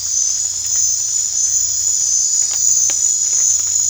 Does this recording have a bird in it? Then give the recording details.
no. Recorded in dense forest near Puerto Asís, Putumayo, Colombia, on 22 December 2024 at 20:30. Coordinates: 0.468, -76.322. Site G071